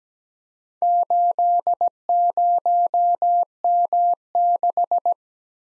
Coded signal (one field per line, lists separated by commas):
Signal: Morse code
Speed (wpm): 17 wpm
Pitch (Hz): 700 Hz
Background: none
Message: 80M6